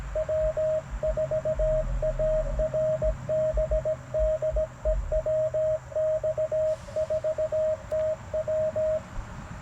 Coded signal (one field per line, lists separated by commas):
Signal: Morse code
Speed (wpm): 17 wpm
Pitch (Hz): 590 Hz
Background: radio noise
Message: W4ARB DE WX4TW